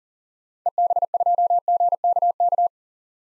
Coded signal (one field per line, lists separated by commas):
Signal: Morse code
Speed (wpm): 40 wpm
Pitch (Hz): 700 Hz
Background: none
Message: EB2GKK